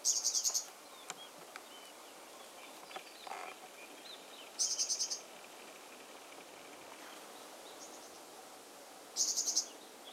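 Flycatcher call: a short, high, buzzy stuttered burst, given three times about every four and a half seconds over a steady background hiss.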